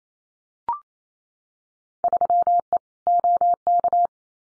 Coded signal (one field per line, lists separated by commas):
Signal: Morse code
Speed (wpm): 28 wpm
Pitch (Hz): 700 Hz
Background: none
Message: 3E OK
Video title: Field Day Exchange Encore 28wpm